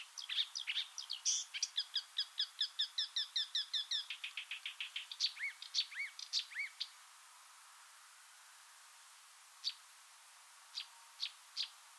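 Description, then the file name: Marsh warbler singing a hurried, varied chatter of sharp notes and trills for about seven seconds, followed by a pause and a few scattered short calls. "suara-kicauan-burung-marsh-warbler omkicau"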